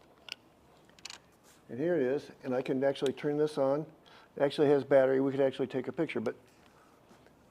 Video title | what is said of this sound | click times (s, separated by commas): Library Presentation: Wilderness Photography (3/15/25) | got to get lined up there snapped into place | 0.3 s